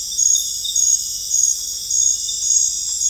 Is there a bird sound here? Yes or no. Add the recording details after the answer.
no. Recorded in dense forest near Puerto Asís, Putumayo, Colombia, on 26 December 2024 at 20:00. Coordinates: 0.484, -76.325. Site G056